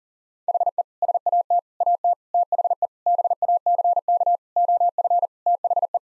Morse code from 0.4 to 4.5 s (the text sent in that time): HE SAT AT THE BACK